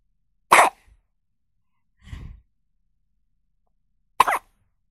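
A newborn baby hiccups: two sharp, brief hiccups about four seconds apart, with a softer, quieter breathy sound between them.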